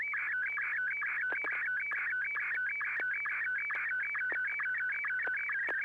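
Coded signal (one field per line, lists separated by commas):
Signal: SSTV (slow-scan television)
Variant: Martin 1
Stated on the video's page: Morse heard during an SSTV net held on a FM repeater on 441.300 MHz.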